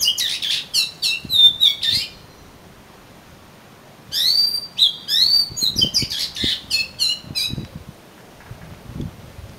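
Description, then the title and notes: Oriental magpie-robin song: energetic fast sequences of chirps, trills and whistled notes in two bursts with a quiet gap between. "suara kacer. kumpulan suara burung kacer"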